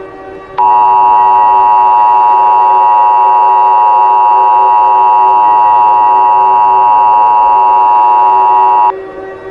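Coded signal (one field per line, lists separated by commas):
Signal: Emergency Alert System (SAME) tones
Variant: 853 and 960 Hz attention tone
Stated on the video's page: Fictional EAS scenario, not a real alert.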